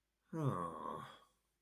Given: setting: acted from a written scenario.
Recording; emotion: vocal sound without words; disappointment